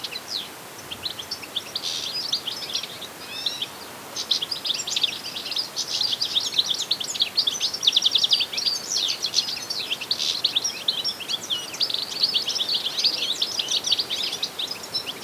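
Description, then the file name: European goldfinch twittering calls, a dense stream of quick liquid chirps and trills, quieter at first then sustained and busy for most, with background hiss. "Carduelis carduelis"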